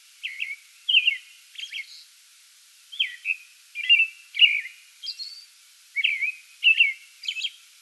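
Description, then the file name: American robin singing warbled whistled phrases broken by thin high-pitched notes, in short groups with brief pauses. Pre-dawn song bout recorded 8 May 2022. "2022-05-08 American Robin pre-dawn song bout"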